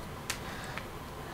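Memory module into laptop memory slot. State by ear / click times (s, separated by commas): seated / 0.3 s, 0.8 s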